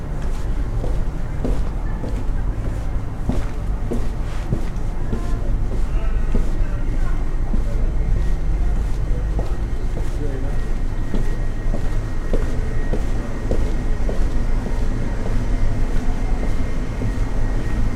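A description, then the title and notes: A walk through the streets of the medieval city of York, with a steady, dense murmur of voices and a low rumble of traffic underneath. Short clicks and taps, likely footsteps, recur throughout, and a faint thin tone hangs above the crowd noise. Medieval City Walk | City of York | Relaxing Binaural Field Recording.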